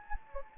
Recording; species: mosquito wingbeat signal from an infrared sensor; Anopheles gambiae